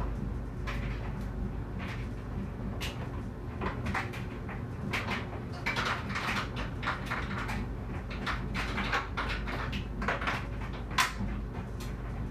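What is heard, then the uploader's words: A clothes dryer tumbles with a steady low rumble, while frequent irregular knocks and clacks of items hitting the drum come throughout. It's laundry day and the dryer tumbles.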